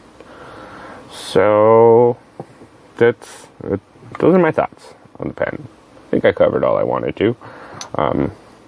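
Someone talks while handling a Jinhao x750 fountain pen, bringing its cap toward the pen body, with a couple of faint, brief taps in the background. The cap has not yet clicked shut or seated on the body.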